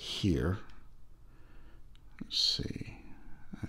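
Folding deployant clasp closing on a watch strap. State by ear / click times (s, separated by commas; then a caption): seated / 1.9 s, 2.2 s. The metal deployant clasp on the strap of a De Witt Moon Phase Twenty-8-Eight wristwatch is folded closed while someone talks. Two short, sharp clicks sound at about 2.0 and 2.2 seconds as the clasp seats and snaps shut.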